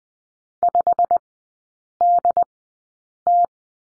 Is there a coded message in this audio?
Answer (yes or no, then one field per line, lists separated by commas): yes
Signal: Morse code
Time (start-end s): 0.6-3.5 s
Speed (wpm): 20 wpm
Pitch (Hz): 700 Hz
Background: none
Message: 5DT